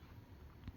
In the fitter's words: and it I should push it in till it snaps